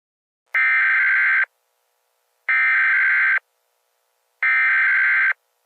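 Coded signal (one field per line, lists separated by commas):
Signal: Emergency Alert System (SAME) tones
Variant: header bursts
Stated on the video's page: Fictional scenario.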